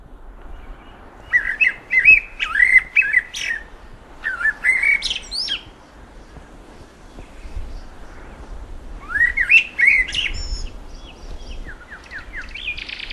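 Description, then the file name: Eurasian blackbird song: several fluty warbled phrases with high squeaky endings, separated by pauses, over a low background rumble. "Turdus merula"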